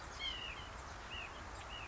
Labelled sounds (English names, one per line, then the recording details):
White-breasted Nuthatch
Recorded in Sonoma County, California